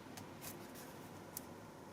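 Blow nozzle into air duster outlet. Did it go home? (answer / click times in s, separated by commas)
no / none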